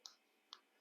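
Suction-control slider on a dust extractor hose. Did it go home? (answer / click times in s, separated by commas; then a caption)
yes / 0.1 s, 0.5 s. A plastic suction-control slider on a Festool CT26 dust extractor hose is slid open and then closed. It gives two sharp clicks at 0.1 and 0.5 seconds, one at each end stop, as it locks into position.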